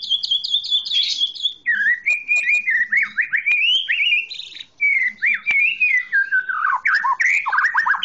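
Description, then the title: Oriental magpie-robin song, a continuous varied stream of rich whistles, chirps and trills with quick rising and falling slurs, loud and nearly unbroken throughout. "Kicau Kacer Durasi Panjang 1jam Lebih"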